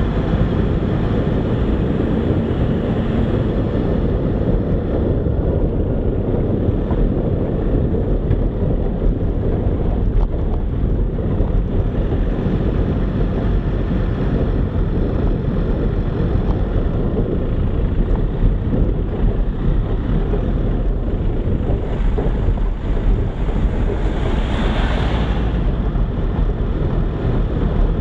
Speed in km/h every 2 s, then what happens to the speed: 30, 32, 29, 26, 23, 21, 22, 22, 19, 19, 17, 17, 19, 22.
3-9 slows to 21. 9-20 steady at about 19.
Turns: none.